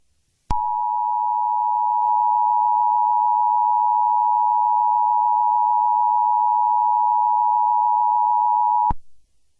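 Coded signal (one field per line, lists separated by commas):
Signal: Emergency Alert System (SAME) tones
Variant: 853 and 960 Hz attention tone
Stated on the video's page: EAS tones in a simulated alert scenario about a monster attacking New York.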